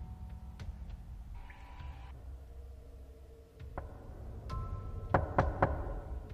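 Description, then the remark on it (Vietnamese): Dry knocking on a door: a quick run of three sharp, hard raps near the end, preceded by a few fainter isolated taps over a low, steady background hum. “Còn chưa kịp chợp mắt thì bất ngờ tiếng gõ cửa khô khốc lại một lần nữa vang lên.”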